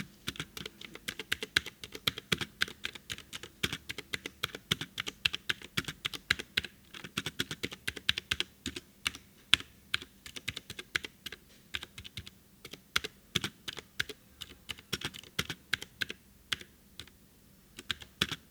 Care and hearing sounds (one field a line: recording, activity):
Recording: daily activity, guitar pickup as the sensor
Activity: type